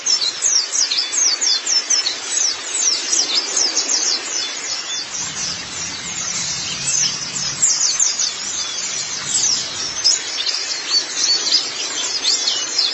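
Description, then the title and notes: White-eye song: long, unbroken run of fast, very high twittering notes with slight swells in intensity and a light background hiss. Long-duration recording of the chirping song. "Kicauan Burung Pleci Durasi Panjang. Suara kicauan burung pleci"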